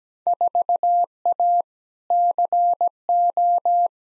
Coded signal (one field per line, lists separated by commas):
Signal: Morse code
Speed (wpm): 17 wpm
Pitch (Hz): 700 Hz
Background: none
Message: 4A CO